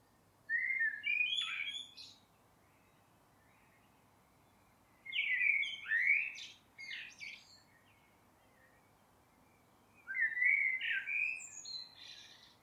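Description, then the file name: Eurasian blackbird singing three separate phrases about five seconds apart, each a rich, fluted warble broken by sharp, high squeaky notes. "Turdus merula"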